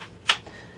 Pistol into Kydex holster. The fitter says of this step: and you hear that snap well it's form fitted and it does have